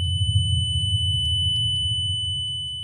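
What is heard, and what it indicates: A steady, piercing high-pitched beep with a fainter, even higher whine above it, over a low rumbling background. It simulates tinnitus in a 65-year-old man, ringing since age 19 from sawmill work; the familiar beep becomes much louder, sharper and more penetrating when he is tired or after too much noise. Noise-induced hearing damage is a major factor in tinnitus.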